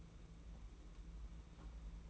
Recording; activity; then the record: daily activity, microphone in the room; take from stove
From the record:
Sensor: 1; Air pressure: 992.0 hPa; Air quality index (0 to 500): 217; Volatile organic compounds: 1000 ppm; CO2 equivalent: 8461 ppm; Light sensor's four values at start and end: 21/75/29/29 and 21/75/29/29